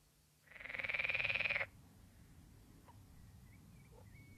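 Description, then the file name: Water frog making one loud rasping, rapidly pulsed call lasting just over a second, followed by quiet with a low background hum. "grenouille verte"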